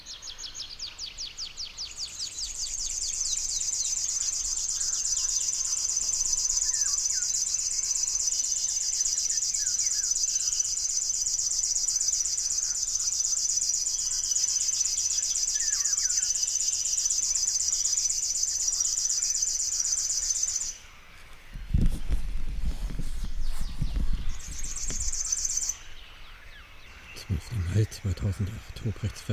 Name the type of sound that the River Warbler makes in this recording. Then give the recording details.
song. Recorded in the wild. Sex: male. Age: adult. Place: Hobrechtsfelder Rieselfelder, Naturpark Barnim, Brandenburg, DE. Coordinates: 52.6669, 13.47. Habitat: poplar grove. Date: 2008-05-12. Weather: clear, ca. 10°C, no wind. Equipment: Sound Devices 702, Sennheiser MKH 70, Windkorb. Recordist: Frommolt, Karl-Heinz